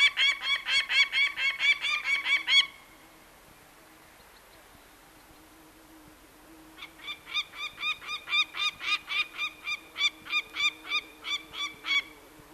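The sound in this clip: Peregrine falcon calling in two bursts of harsh, rasping kak notes, quick and evenly spaced, separated by roughly four seconds of quiet.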